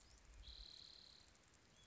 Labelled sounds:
Spotted Towhee (Pipilo maculatus)
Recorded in Sonoma County, California

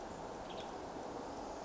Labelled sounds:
Western Tanager (Piranga ludoviciana)
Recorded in Sonoma County, California

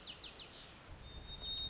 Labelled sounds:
White-crowned Sparrow (Zonotrichia leucophrys)
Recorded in Sonoma County, California

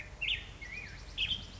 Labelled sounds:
Black-headed Grosbeak (Pheucticus melanocephalus)
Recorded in Sonoma County, California

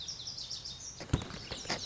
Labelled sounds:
Lazuli Bunting (Passerina amoena)
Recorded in Sonoma County, California

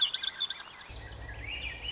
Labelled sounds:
Swainson's Thrush (Catharus ustulatus)
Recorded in Sonoma County, California

